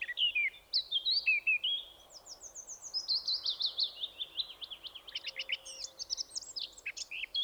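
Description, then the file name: Eurasian blackcap giving twisting whistled notes, then a long run of quick repeated slurs leading into sharp high chips. "Sylvia atricapilla"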